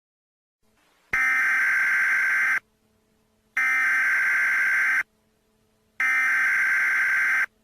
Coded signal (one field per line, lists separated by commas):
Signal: Emergency Alert System (SAME) tones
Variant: header bursts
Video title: The Kansas City Twins - EAS Mock